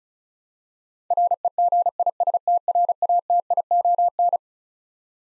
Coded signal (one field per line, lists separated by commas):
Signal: Morse code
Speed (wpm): 36 wpm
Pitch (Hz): 700 Hz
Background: none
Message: REGISTRATION